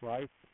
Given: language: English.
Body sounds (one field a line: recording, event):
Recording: throat vibration sensor signal played as sound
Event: speech